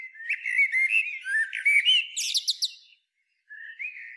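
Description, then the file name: Common blackbird song: a fluted, warbling phrase climbing into shrill high twitters, then after a short silence a soft whistled note starts. "Turdus merula"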